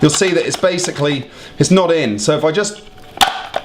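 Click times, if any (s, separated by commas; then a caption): 3.2 s. A plastic juicer bowl assembly is lined up red dot to red dot on a Hurom juicer base and twisted into place while someone talks. A sharp mechanical click at 3.2 s shows it locking in, seated and flush, followed by a faint tick at 3.6 s.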